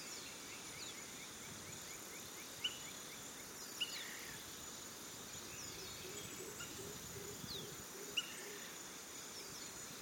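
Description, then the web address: Crickets trill in a steady high drone, joined by scattered short bird chirps and a few sharp clicks. Forest ambience at a cliff in Costa Rica, with birds and crickets. "Big Room Sound Birds Crickets Costa Rica"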